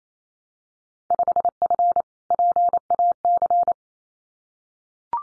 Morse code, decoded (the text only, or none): 5F PAC